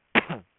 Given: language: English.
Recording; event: throat vibration sensor signal played as sound; cough